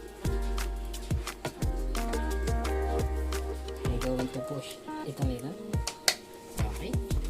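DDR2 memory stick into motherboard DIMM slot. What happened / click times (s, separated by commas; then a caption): The memory module snapped into its slot / 6.1 s. A second DDR2 memory stick is pushed into its motherboard DIMM slot while music plays in the background and someone talks. Several light knocks and scrapes come first, then one loud click at 6.1 s as the stick seats. It is done.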